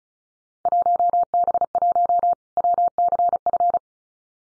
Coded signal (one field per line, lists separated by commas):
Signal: Morse code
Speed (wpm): 34 wpm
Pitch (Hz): 700 Hz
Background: none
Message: 1B1 WCF